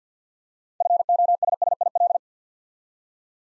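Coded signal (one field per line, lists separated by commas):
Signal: Morse code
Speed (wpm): 49 wpm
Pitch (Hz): 700 Hz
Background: none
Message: FOSSIL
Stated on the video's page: Morse practice at 50 wpm: six-letter words sent two letters at a time, a word-building drill for instant character recognition.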